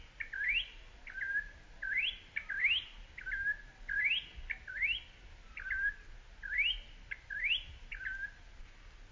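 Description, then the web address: Campo troupial giving clear whistles that swoop upward, then drop to a short flat tone, the phrase repeated throughout. "sound Campo-Troupial. صدای-پرنده-پری-نارنجی-کامپو"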